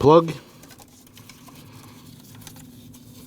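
Someone talks briefly at the start, then the knock sensor electrical plug on a 2014–2023 Jeep Cherokee 2.4L L4 is picked up and moved into position at its mating connector. Only quiet handling taps and rustles follow. The plug has not been pushed home and nothing has clicked yet.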